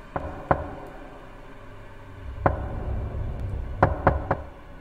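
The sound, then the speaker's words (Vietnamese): Sharp knocks on a door in small groups: two, a lone knock after a pause, then three quick raps, with a low faint hum in between and no voices. “Không có tiếng giả nhời, bốn bề không gian yên lặng, chỉ có tiếng côn trùng kêu giả dích trong đêm và tiếng gõ cửa đều đều ở bên ngoài vẫn cứ dội lại.”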